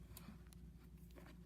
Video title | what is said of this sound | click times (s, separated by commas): Nikon FM 35mm SLR Analog Film Camera Tutorial - Forward Film Camera and Vintage Channel | be careful with the lenses right until it clicks and then we're on see | 0.2 s, 0.5 s